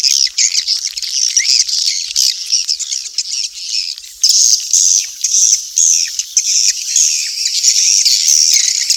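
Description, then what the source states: Swiftlet calls, continuous high twittering with buzzy chirps and clicks, fairly steady in loudness. Used for swiftlet farming in Asia.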